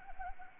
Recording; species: mosquito wingbeat signal from an infrared sensor; Anopheles gambiae